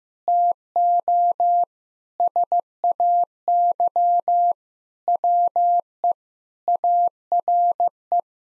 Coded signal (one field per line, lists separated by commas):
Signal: Morse code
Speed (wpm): 16 wpm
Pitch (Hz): 700 Hz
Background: none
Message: TO SAY WE ARE